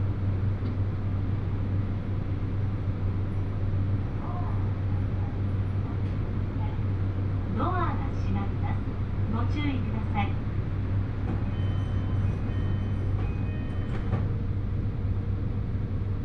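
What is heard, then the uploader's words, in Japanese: Riding a Hōhi Line train from Shin-Suizenji toward Higo-Ōzu, a steady low rumble and hum fill the whole clip. Voices break through briefly, with a clearer stretch of speech around the middle, roughly seconds 7 to 10, and a few faint higher tones near the end. 新水前寺から豊肥本線に乗って肥後大津まで移動します。なかなかの山道を登っていくのですが、821系車両はいとも簡単に進んでいきます。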